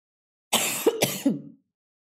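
Two quick, harsh cough bursts close together from an adult woman, trailing into a brief voiced throat-clearing sound; repeated coughing she attributes to a lot of dust in the air.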